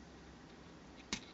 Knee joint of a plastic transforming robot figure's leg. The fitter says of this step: just like that and it'll snap into place there you go like a so